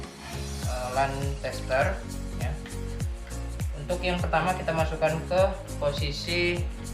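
A crimped RJ45 plug on a LAN cable is being handled and lined up to go into the left port of a LAN cable tester. Someone talks while music plays in the background. Nothing has seated or clicked yet.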